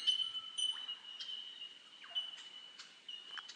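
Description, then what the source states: Bell miner calls: high, clear tinks running into an almost unbroken bell-like tone, crossed by brief sharp descending notes. Bellbirds heard in the background in a protected bellbird habitat area.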